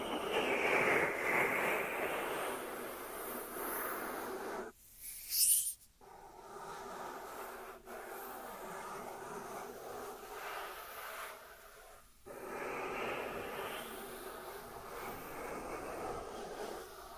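Dry hands rub together in a steady rasping hiss, breaking off near five seconds with a sharp bright scrape, then resuming with brief pauses.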